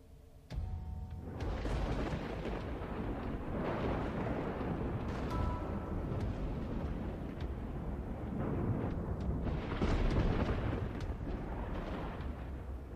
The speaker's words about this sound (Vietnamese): Bỗng nhiên, đoàng một tiếng, như là có tiếng bộc phá, một tia sét từ đâu giáng xuống thẳng xuống trước sân nhà ông Trường.